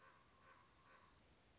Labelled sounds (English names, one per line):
Common Raven